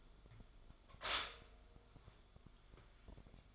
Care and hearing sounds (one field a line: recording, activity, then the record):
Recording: daily activity, microphone in the room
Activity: stop toaster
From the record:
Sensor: 5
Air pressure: 1014.8 hPa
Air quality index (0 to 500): 207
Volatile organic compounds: 10 ppm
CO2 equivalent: 2207 ppm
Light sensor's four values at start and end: 14/32/13/11 and 14/32/13/11